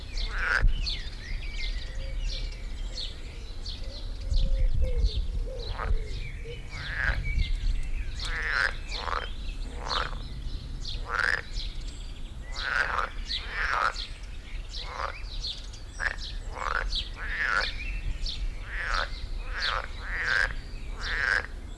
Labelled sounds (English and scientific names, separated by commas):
Edible Frog (Pelophylax esculentus) call